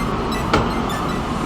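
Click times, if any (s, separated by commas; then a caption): 0.5 s. A plastic console trim panel holding a USB port and a headphone jack is pressed into a car dashboard. Over a steady low hum, a single sharp click is heard at 0.5 s as the panel snaps into place and seats.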